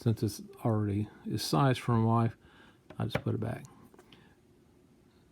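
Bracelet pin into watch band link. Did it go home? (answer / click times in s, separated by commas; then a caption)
yes / 4.1 s. A metal pin is pushed back into a link of an Invicta women's watch bracelet with standard pin links, putting the band back together because it is already sized. Someone talks through the first 3.6 seconds, then small faint ticks come near 3.9 seconds. A short sharp snap at 4.1 seconds marks the pin seating back in the link.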